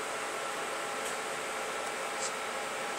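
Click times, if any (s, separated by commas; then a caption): none. A second laptop memory module for a Dell Latitude E6510 is picked up and held by its edges, fingers kept off the gold contacts, before being slid into the SO-DIMM slot. A steady broadband hiss fills the clip, with only a few faint, soft high-pitched ticks near 1.1, 1.9 and 2.3 seconds. Nothing has seated or clicked yet.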